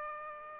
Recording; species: mosquito wingbeat signal from an infrared sensor; Aedes aegypti